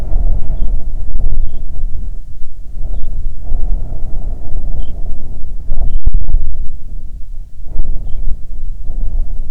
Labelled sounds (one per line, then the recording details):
bird
wind
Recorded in the Arctic National Wildlife Refuge, Alaska, on 9 July 2019 at 21:52
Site 48